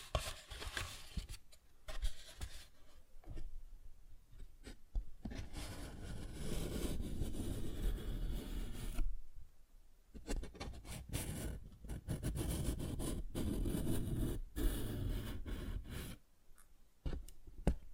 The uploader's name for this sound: Paper Bag Tapping and Scratching Sounds